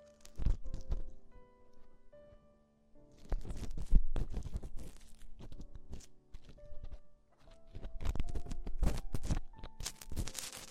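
Ear exploration sounds arrive in irregular bursts of tapping, rubbing and crisp scratching, broken by brief silences around 2.5 and 7 seconds. Faint steady tones hum beneath some passages, and sharper thumping touches land near 0.5, 4 and 9 seconds.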